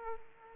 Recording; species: mosquito wingbeat signal from an infrared sensor; Aedes aegypti